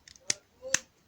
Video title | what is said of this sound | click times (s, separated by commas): [해피밀 토이TV] 폴링 몽키 텀블링 몽키 장난감 리뷰 Falling Monkeys Toy Review | 자, 딸깍하고 끼워졌습니다. | 0.3 s, 0.8 s